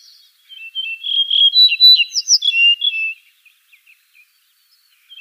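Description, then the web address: Yellow-breasted bunting song: a quick phrase of clear whistled and slurred notes, rising briefly higher midway, lasting about two and a half seconds, followed by faint soft ticks. "Schulze Peter Yellow-breasted Bunting song"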